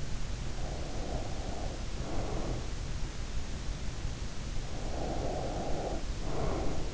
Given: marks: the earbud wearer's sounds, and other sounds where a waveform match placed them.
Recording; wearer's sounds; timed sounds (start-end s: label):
sounds in sleep by an in-ear microphone; breath
0.61-2.81 s: breath
4.62-6.94 s: breath